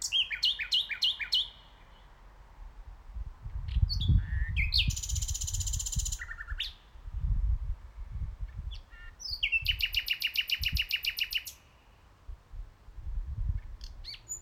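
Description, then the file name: Common nightingale singing varied phrases of repeated notes, metallic rattles and whistles, over a deep, uneven rumble of background noise. "Nightingale - Nachtigall"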